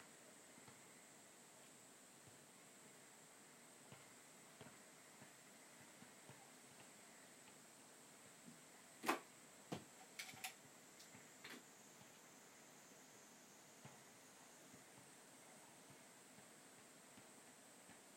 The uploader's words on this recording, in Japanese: 田舎の夕方。ただただカナカナカナ。割と生活音。キレイなまんまるの月が出ていて、 過ごしやすい涼しい時間帯。